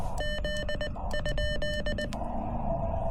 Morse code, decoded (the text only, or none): Z?